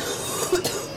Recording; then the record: coughing mixed with background sound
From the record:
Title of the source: 30 Chesty and wet cough